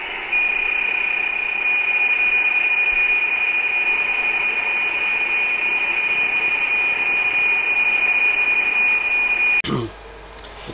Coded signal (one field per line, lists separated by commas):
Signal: PSK31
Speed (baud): 31.25 baud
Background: radio noise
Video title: First test using Wolf River coil with data modes | Wolf River Coil | Amateur radio